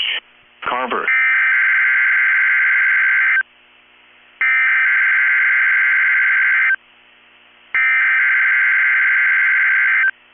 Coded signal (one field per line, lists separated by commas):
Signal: Emergency Alert System (SAME) tones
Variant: header bursts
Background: speech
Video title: 1/19/23 - KEC65 Required Weekly Test (Thursday Edition again) (EAS #711)